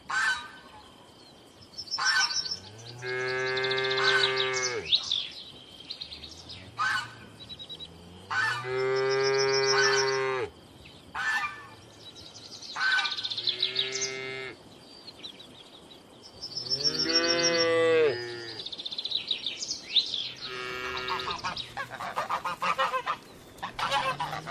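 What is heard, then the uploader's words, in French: Farm animals at a farm: cows give long, loud moos every few seconds, with goose-like honks and short calls between them. A la ferme avec ses animaux.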